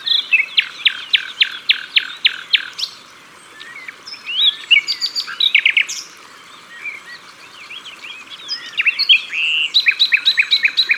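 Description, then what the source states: Common nightingale song in several phrases: a steady run of repeated notes, varied warbled and whistled figures, then another quick repeated series. Recorded at the water's edge.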